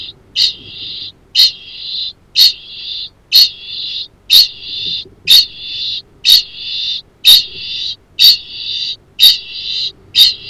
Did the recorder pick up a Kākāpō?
yes